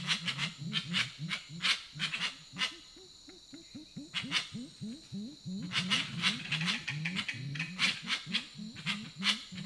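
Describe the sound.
Grey-winged trumpeter producing low hoots in a fast, steady series, with loud crackling bursts over the top that pause mid-way.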